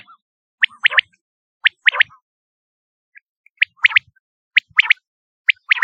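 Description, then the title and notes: Quail chirps, sharp high notes in short groups of three or four, with a brief pause midway. "Kicau Burung Puyuh"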